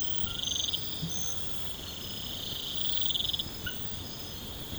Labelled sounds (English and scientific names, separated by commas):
none